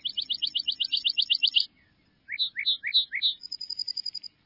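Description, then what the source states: Lark bunting song: a fast run of many rapid high notes, a pause, then four lower two-part notes and a thin high trill at the end. Grassland bird; song described as sweet.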